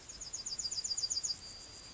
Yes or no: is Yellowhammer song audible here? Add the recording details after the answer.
yes. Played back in grassland. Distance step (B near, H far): E. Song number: 161